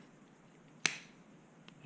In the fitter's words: you'll hear it click into place